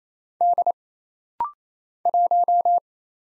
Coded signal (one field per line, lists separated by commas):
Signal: Morse code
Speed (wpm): 27 wpm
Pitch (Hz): 700 Hz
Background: none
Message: D 1